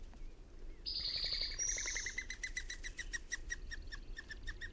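Bird singing high thin whistles, then a fast run of sharp notes repeated several times a second over a low background rumble.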